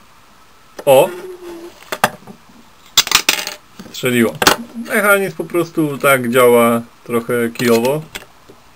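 The spring firing mechanism of a 1995 plastic toy motorcycle's launcher is handled and pushed toward its catch while someone talks, with brief sharp taps near 2.0 s and between 3.0 and 3.5 s. The clip ends just before the part goes home, so nothing has seated or clicked yet.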